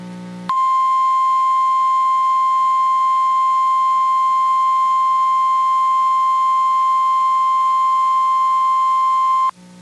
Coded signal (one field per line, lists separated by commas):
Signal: Emergency Alert System (SAME) tones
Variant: 1050 Hz attention tone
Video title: REQUIRED WEEKLY BOREDOM - EAS Tests from 10/26/22 (EAS #689 - 692)